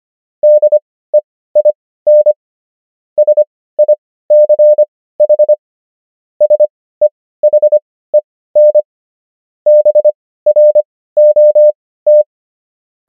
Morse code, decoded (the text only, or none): DEIN SICH SEHEN BROT